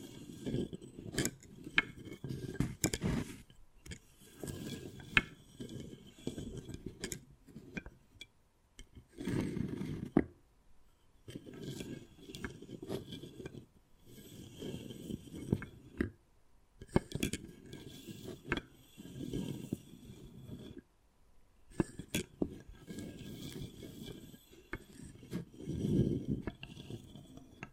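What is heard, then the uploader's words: Wood carving with repeated tapping and scraping strokes, each burst a rough, low-pitched rasp lasting a second or two. Sharp clicks and knocks punctuate the work, with short pauses near 9, 11, 17 and 21 seconds before the scratching resumes. ASMR Addictive Wood Carving, Tapping and Scratching Sounds (No Talking).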